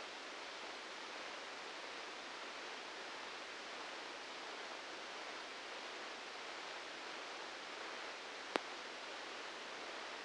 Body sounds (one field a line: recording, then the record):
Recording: brain microelectrode recording played as sound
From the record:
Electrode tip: outside the subthalamic nucleus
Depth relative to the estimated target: -4 mm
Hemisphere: left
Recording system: NeuroSet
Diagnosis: Parkinson's disease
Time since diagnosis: 19 years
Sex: female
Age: 69 years